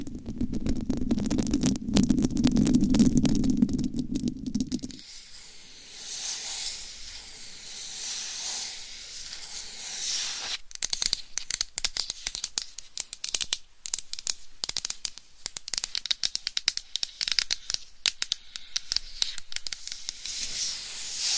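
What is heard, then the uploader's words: A muffled rubbing fills the first five seconds with a low, dense rumble, like a massage right on the mic. Then it turns quiet and bright: fine scratching with a steady hiss, and from about ten seconds on, rapid irregular tapping and clicking. ASMR Scratching , Tapping & Massage with DIFFERENT Mics , Items & Nails No Talking.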